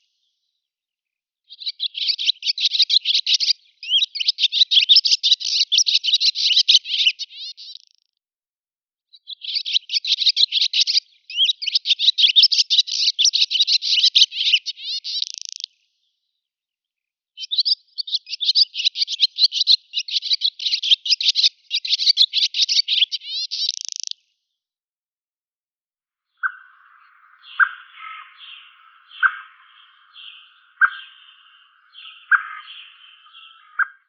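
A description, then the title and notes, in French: Birds singing in rapid, buzzy bursts of bright trills with short silences between, then lower, choppier chirps in the last seconds. Découvrir les oiseaux qui chantent autour du collège (à la belle saison !).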